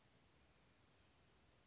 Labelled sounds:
Western Flycatcher (Empidonax difficilis)
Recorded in Sonoma County, California

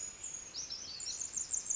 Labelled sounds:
Pacific Wren (Troglodytes pacificus)
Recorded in Sonoma County, California

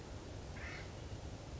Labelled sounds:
Acorn Woodpecker (Melanerpes formicivorus)
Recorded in Sonoma County, California

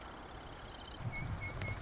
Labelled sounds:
Marsh Wren (Cistothorus palustris)
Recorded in Sonoma County, California

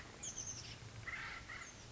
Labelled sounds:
Oak Titmouse (Baeolophus inornatus)
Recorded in Sonoma County, California

